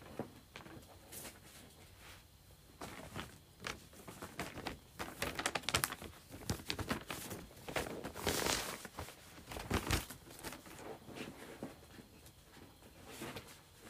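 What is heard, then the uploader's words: Various items are moved around in irregular bursts of knocks, scrapes and rustles, busiest between five and ten seconds, over a low steady hum. ASMR Moving Various Items Around.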